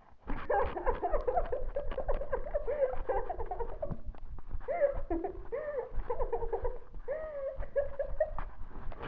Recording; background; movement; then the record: laughter; quiet; sitting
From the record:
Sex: female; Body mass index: 18.8 kg/m2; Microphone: on the chest, facing the body